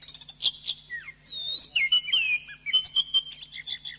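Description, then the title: Oriental magpie-robin singing quick chips then a sustained sweet whistle with trills, continuing in short bright phrases, faint hum beneath. "Kicau Kacer"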